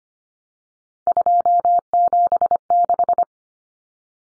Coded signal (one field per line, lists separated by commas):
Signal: Morse code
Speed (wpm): 25 wpm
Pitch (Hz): 700 Hz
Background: none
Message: 276